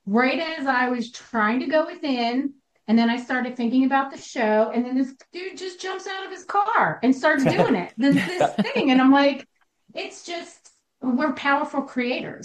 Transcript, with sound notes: Right as I was trying to go within, and then I started thinking about the show, and then this dude just jumps out of his car and starts doing it.
(laughs)
Does this thing and I'm like, it's just... We're powerful creators.